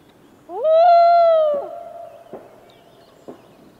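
Loon wail: one long, steady, tonal note that rises quickly, holds for about a second, then fades. Two faint clicks follow.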